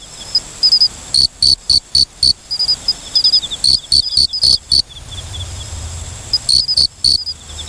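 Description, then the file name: Cricket chirping in bursts of short, high pulses separated by pauses, with a fainter, rapid ticking trill from another insect in between. "moriokamekourogi"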